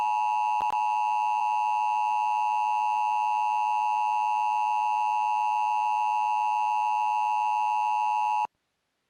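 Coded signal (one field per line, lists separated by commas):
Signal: Emergency Alert System (SAME) tones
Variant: 853 and 960 Hz attention tone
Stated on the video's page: Real EAS tones for a Severe Thunderstorm Warning.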